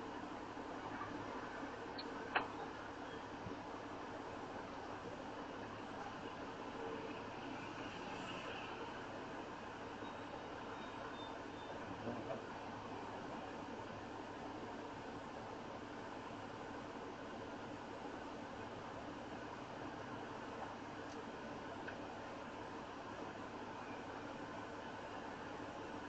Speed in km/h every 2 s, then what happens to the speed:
11, 6, 3, 0, 0, 0, 0, 0, 0, 0, 0, 0, 0.
0-5 slows to 0. 5-26 standing.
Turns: none.